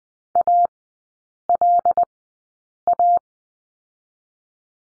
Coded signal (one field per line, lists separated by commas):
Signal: Morse code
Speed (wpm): 20 wpm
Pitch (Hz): 700 Hz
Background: none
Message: ALA